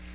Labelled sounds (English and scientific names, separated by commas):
Nashville Warbler (Leiothlypis ruficapilla) flight call